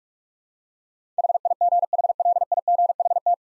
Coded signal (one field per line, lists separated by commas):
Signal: Morse code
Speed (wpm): 46 wpm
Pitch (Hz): 700 Hz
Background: none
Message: HIGHLIGHT